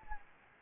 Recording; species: mosquito wingbeat signal from an infrared sensor; Anopheles gambiae